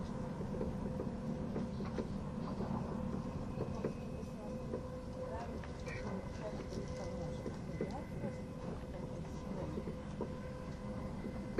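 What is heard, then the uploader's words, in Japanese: A Swiss ETR610 tilting EuroCity train on the Gotthard Base Tunnel route, running as EC311 between Arth-Goldau and Bellinzona. A steady, dense low rumble of running gear holds throughout, with a thin sustained tone above it and scattered faint clicks and knocks. SBB線 EC311レ02 Arth-Goldau～Bellinzona。スイスでは主力の車体傾斜車両であるETR610形EC、高速性能と曲線通過性能の両者の本領を発揮できるゴッタルドトベーシトンネルルートの列車を収録したものです。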